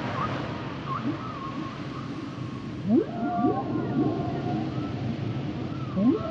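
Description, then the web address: Whale song: wavering mid-pitched tonal moans alongside short rising sweeps in bursts, with a steady low rumble beneath. "Whale Songs Whales and Dolphins - whale nature sounds songs"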